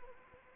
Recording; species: mosquito wingbeat signal from an infrared sensor; Anopheles arabiensis